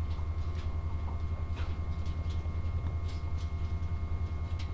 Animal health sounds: poultry house recording; no chicken sound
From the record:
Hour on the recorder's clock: 16

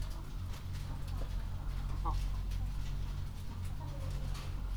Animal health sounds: poultry house recording; healthy chickens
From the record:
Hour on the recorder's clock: 21

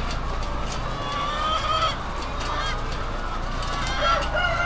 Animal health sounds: poultry house recording; healthy chickens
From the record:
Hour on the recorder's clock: 21

